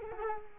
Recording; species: mosquito wingbeat signal from an infrared sensor; Culex quinquefasciatus